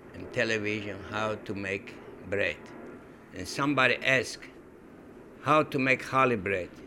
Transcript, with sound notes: on television, how to make bread. ( there is the sound of traffic in the background ) And somebody ask how to make challah bread.